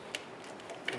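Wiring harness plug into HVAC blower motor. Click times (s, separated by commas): 0.9 s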